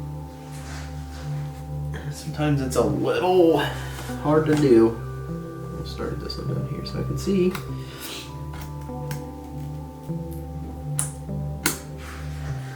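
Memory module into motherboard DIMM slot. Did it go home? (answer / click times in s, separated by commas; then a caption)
yes / 11.0 s, 11.7 s. A memory module is pressed firmly into a motherboard DIMM slot while music plays and someone talks. The retaining clip clicks shut with two sharp clicks at about 11.0 and 11.7 seconds, and the module is seated.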